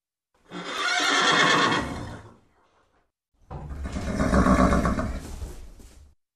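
Horse neighing twice, each a long quavering whinny of two to three seconds that swells and then fades, with a short silence between them.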